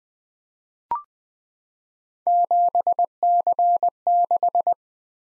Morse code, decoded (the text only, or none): 7C6